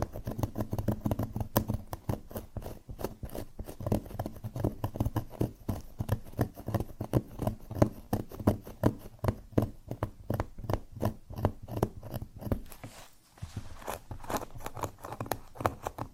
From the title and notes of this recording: Scratching on Cork (NO TALKING).